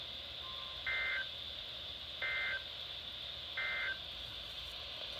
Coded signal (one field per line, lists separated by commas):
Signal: Emergency Alert System (SAME) tones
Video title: Flooding Madness part 4 EAS#354-379 from 11/8/20 - 11/10/20